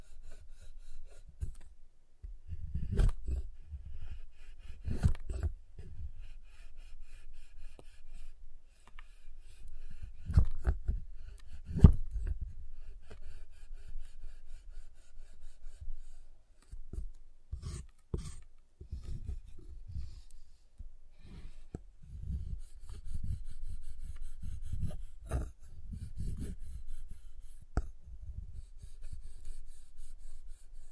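A giant chocolate bar is tapped and rubbed in low, soft thuds, with sharp snapping clicks around 3, 5, 10, 12, 18 and 25 seconds.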